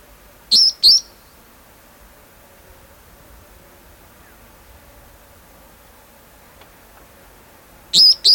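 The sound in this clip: Red-bellied parrot calling with two loud, piercing high shrieks close together, a long quiet gap, then another harsh shriek at the end.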